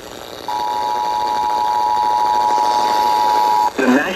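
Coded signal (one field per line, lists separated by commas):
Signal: Emergency Alert System (SAME) tones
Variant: 853 and 960 Hz attention tone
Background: speech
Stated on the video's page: Emergency Alert System severe thunderstorm warning on a Georgia FM radio station at 89.5.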